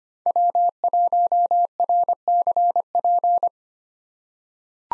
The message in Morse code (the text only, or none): W1RCP